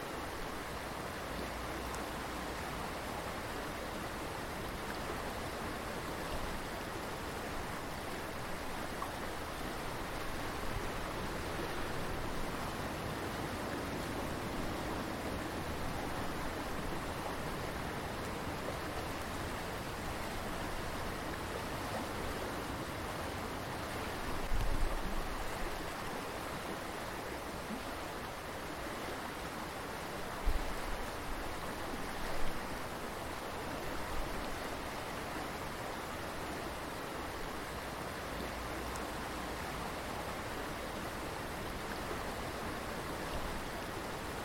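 A river flows steadily with a dense, even rush of water that stays constant throughout, bright and hissy with a soft low body. A few brief louder knocks or splashes stand out near 25 and 31 seconds.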